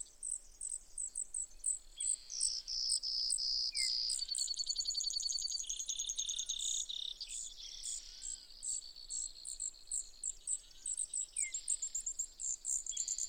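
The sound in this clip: Brewer's sparrow song: continuous high trills and buzzes in changing pitches and speeds, with fast pulsed runs and a few sharp chips.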